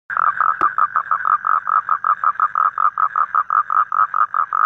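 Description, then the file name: Toad giving a quick run of rasping croaks, evenly spaced, with a brief click near the start. "Am thanh tieng Coc keu"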